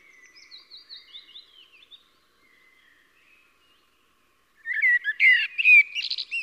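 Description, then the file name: Common blackbird song: faint, thin high notes, then a long stretch of near quiet, then a loud burst of rich warbled notes mixed with squeaky twitters. "Turdus merula"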